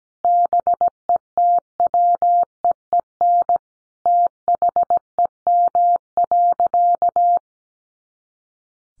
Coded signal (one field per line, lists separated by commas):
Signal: Morse code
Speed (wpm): 17 wpm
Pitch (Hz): 700 Hz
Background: none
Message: BETWEEN THEM.